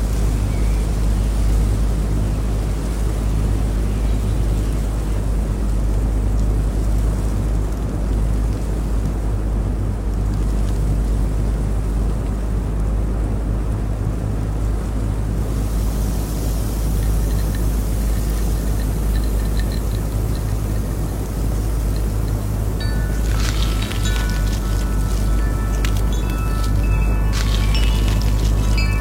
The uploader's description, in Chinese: 西瓜 汽水 风铃 风扇 蝉鸣 偶尔的雷阵雨